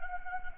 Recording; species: mosquito wingbeat signal from an infrared sensor; Anopheles gambiae